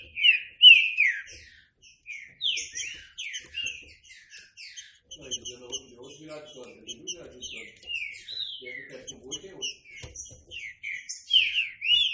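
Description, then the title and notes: Green-winged saltator song: clear, descending whistled notes in bursts of several phrases, with a soft low rumble briefly in the middle. Classic song style (canto clássico) of the green-winged saltator, made as a training recording. "Canto Clássico Trinca Ferro TREINAMENTO. trinca fero"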